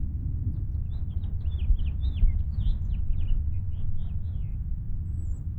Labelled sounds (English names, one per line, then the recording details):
House Finch song
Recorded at Wantagh on Long Island, New York, on 21 May 1975
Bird C